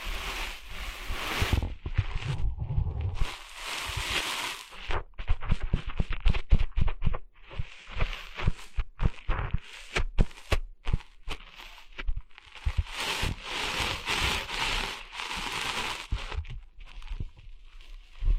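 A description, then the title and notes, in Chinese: Sand rustles and crunches on a beach, at first in scraping bursts with a low rumble. From about five to twelve seconds it breaks into quick, regular crunching steps, then returns to longer, hissing sweeps of shifting sand near the end. 沙沙沙…沙滩的沙沙声。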